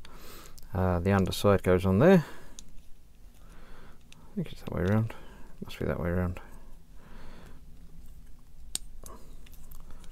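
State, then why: Partly seated. Someone talks while dry-fitting the plastic underside piece onto the cockpit of a Bandai 1:144 scale Millennium Falcon kit after checking which way around it goes. A sharp plastic click is heard at 8.8 s. The piece sits only partly and does not fully snap in, because the assembly is not yet complete.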